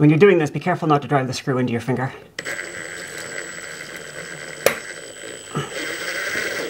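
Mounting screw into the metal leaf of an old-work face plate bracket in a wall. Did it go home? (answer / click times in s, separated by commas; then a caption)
yes / 4.7 s. Someone talks, then a steady driving noise starts at 2.4 s as the mounting screw of an old-work wall face plate bracket is driven in. At 4.7 s a sharp snap is heard as the metal leaf behind the drywall catches the screw. The screw finds purchase on the leaf and is seated.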